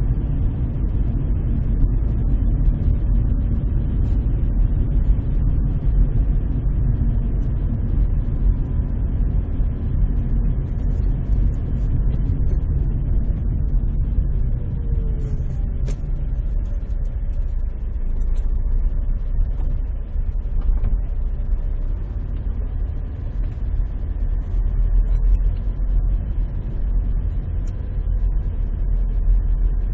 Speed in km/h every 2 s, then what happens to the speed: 25, 25, 24, 22, 21, 20, 16, 8, 7, 7, 8, 10, 10, 10, 9.
0-10 steady at about 22. 10-15 slows to 7. 15-30 steady at about 9.